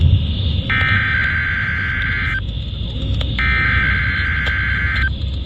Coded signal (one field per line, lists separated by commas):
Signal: Emergency Alert System (SAME) tones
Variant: header bursts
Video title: The Never Ending Storms Part 3! EAS alerts from 7/12/2023 to 7/26/2023. [EAS #1,793 - #1,833]